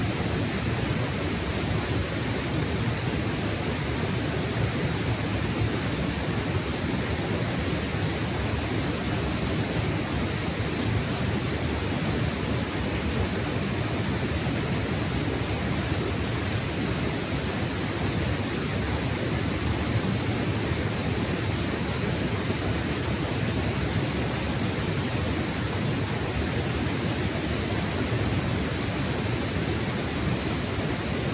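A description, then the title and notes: A waterfall pours in a constant, dense rush with no pauses or breaks. The sound is full and even from deep rumble up to bright hiss, holding the same level throughout, with no other sounds standing out. Waterfall Sounds.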